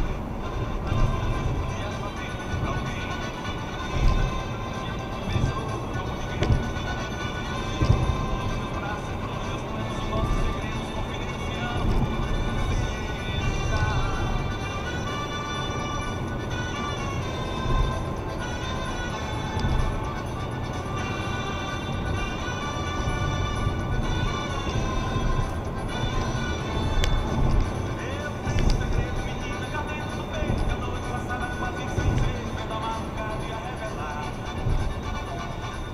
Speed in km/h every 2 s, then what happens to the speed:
122, 122, 123, 125, 121, 120, 121, 121, 120, 120, 121, 122, 121, 120, 120, 121, 117, 110.
0-30 steady at about 121. 30-36 slows to 110.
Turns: none.